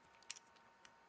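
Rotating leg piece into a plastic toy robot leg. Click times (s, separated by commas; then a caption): 0.3 s. A plastic leg piece on a transforming robot toy, Mudflap from Transformers: Revenge of the Fallen, is rotated all the way back until it snaps into a detent. Small plastic clicks sound, with the sharpest at 0.3 s and softer ones around 0.2 s, 0.4 s and 0.9 s. The piece seats with a quiet click at 0.3 s.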